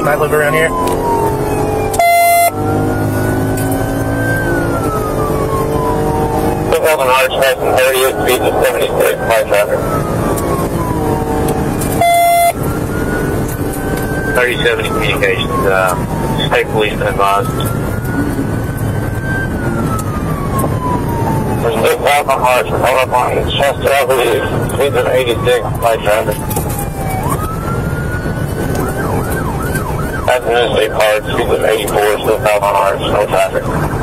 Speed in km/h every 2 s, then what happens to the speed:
106, 126, 132, 134, 145, 151, 145, 145, 137, 135, 137, 138, 126, 127, 127, 129, 140.
0-9 speeds up to 151. 9-17 slows to 135. 17-22 steady at about 137. 22-24 brakes to 126. 24-30 steady at about 127. 30-34 speeds up to 140.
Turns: none.